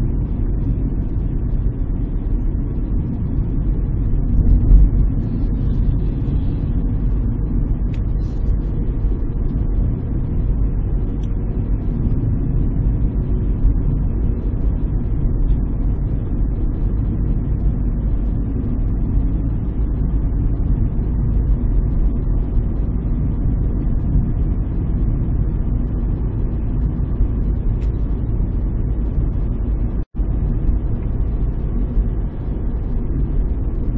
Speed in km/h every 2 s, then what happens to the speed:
38, 39, 40, 40, 39, 39, 39, 39, 39, 42, 42, 42, 43, 42, 43, 44, 44.
0-34 steady at about 40.